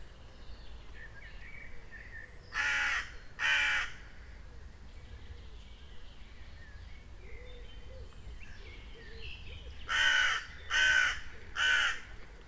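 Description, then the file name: Common raven croaking: a pair of harsh, gravelly calls, a pause of several seconds, then three more in quick succession, over faint background noise. In a castle park at Ebelsberg. "Rabe im Schlosspark Ebelsberg"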